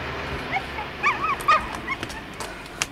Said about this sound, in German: Oh, du ein kleiner Hund. Ach, den hat der Idiot überfahren. Die linke Hinterpfote. Der muss zum Arzt.